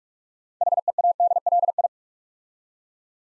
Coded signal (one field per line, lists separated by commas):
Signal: Morse code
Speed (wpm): 44 wpm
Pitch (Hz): 700 Hz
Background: none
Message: HEADLI